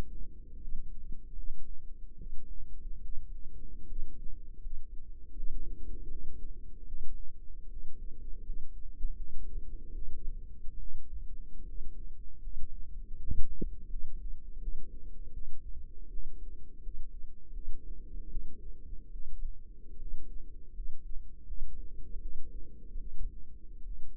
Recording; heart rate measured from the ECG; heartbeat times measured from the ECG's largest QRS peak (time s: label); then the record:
heart sounds by microphone in the right ear; 77 bpm
0.56 s: heartbeat
1.32 s: heartbeat
2.15 s: heartbeat
2.99 s: heartbeat
3.84 s: heartbeat
4.58 s: heartbeat
5.32 s: heartbeat
6.07 s: heartbeat
6.84 s: heartbeat
7.67 s: heartbeat
8.41 s: heartbeat
9.14 s: heartbeat
9.92 s: heartbeat
10.77 s: heartbeat
11.63 s: heartbeat
12.39 s: heartbeat
13.14 s: heartbeat
13.87 s: heartbeat
14.58 s: heartbeat
15.31 s: heartbeat
16.08 s: heartbeat
16.80 s: heartbeat
17.51 s: heartbeat
18.27 s: heartbeat
19.10 s: heartbeat
19.96 s: heartbeat
20.71 s: heartbeat
21.44 s: heartbeat
22.19 s: heartbeat
22.97 s: heartbeat
23.81 s: heartbeat
From the record:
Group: healthy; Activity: rest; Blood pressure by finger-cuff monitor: 138/78 mmHg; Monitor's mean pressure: 95 mmHg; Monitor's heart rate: 79 bpm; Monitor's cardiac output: 7.1 L/min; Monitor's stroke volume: 90 mL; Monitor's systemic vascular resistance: 980 dyn s/cm5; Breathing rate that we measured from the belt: 15 breaths a minute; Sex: female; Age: 22 years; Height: 171 cm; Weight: 65.6 kg